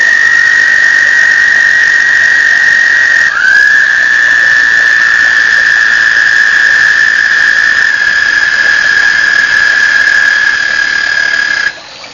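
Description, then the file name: Continuous even toad trill held for about three seconds, then a second trill takes over with a quick upward slide and runs steadily for eight more seconds before stopping. Recorded 1 May 2007. "batesline. 20070501 toads"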